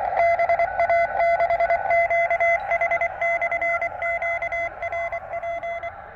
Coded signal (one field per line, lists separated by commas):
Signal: Morse code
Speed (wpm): 24 wpm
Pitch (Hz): 680 Hz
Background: radio noise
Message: BA6QH/QRP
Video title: 2018 VHF QSO PARTY（6m）1